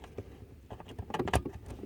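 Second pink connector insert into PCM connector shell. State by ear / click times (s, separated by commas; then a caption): not seated / none. The second pink connector insert is handled and pushed toward the PCM connector shell, going in right below the first insert. Short plastic handling taps and rattles are heard, with a cluster of sharper ones around 1.1–1.4 s. Nothing has seated or clicked yet.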